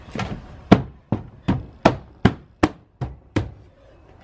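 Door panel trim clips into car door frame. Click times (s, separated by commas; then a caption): 0.7 s, 1.9 s, 2.3 s, 2.6 s, 3.4 s. The plastic retaining clips of the rear door card on a 2002 Toyota Yaris (Vitz) are pressed back into the metal door frame, giving a series of sharp knocking clicks. The clips seat at about 0.7, 1.9, 2.3, 2.6 and 3.4 seconds, and the panel ends up clipped back in place.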